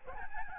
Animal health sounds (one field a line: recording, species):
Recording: mosquito wingbeat signal from an infrared sensor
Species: Aedes albopictus